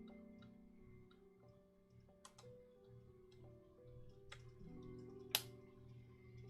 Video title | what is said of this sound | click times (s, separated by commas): Infinity Gauntlet - Set 76191 - Part 1 | i heard the click my aim is true | 5.4 s